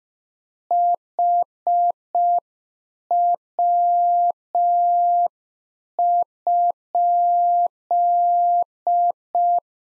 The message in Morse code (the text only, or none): HW?